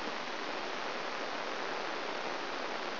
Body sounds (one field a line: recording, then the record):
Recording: brain microelectrode recording played as sound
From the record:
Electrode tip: outside the subthalamic nucleus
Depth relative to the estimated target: 3 mm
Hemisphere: right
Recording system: AlphaMap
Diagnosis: Parkinson's disease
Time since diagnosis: 11 years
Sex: male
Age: 62 years